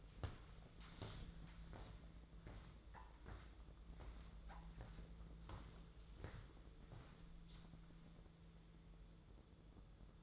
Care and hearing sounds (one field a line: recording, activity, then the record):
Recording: daily activity, microphone in the room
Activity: walk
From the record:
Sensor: 3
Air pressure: 1005.5 hPa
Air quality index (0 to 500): 95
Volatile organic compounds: 3 ppm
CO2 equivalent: 1476 ppm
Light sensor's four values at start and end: 10/24/10/9 and 10/24/10/9